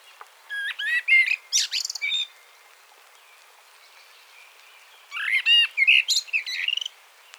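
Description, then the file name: Common blackbird singing two warbled phrases separated by a pause of silence, rich fluty notes mixed with high scratchy twitters. "Turdus merula"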